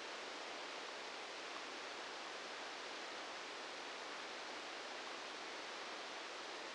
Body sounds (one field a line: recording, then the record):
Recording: brain microelectrode recording played as sound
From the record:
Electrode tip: outside the subthalamic nucleus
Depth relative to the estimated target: -4 mm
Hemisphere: right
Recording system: NeuroSet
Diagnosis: Parkinson's disease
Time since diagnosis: 10 years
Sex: male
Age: 56 years